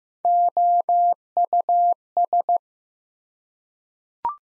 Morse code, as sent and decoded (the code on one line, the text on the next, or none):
--- ..- ...
OUS